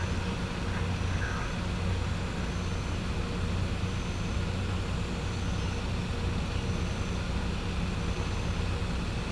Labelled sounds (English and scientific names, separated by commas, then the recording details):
none
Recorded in pastures near Puerto Asís, Putumayo, Colombia, on 21 December 2024 at 18:00
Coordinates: 0.505, -76.324
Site G063